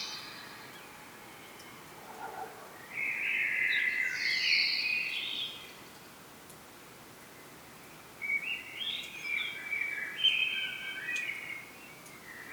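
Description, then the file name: Common blackbird, a bright phrase with higher overtones, a pause, then a choppier phrase of rapid notes, all over constant hiss. "Turdus merula"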